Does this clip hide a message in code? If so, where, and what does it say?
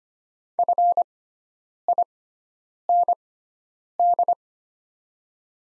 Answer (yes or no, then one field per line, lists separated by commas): yes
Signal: Morse code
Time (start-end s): 0.6-4.3 s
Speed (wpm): 25 wpm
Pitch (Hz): 700 Hz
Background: none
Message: FIND